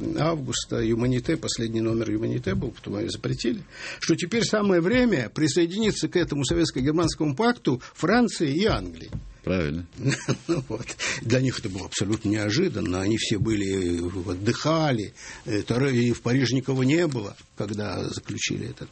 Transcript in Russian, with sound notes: августа – «Humanité», последний номер «Humanité» был, потом ее запретили – что теперь самое время присоединиться к этому советско-германскому пакту Франции и Англии.
Правильно. (смеется)
Ну вот. Для них это было абсолютно неожиданно, они все были… отдыхали, и в Париже никого не было, когда заключили этот пакт.